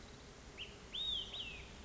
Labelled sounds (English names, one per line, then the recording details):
Olive-sided Flycatcher
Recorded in Sonoma County, California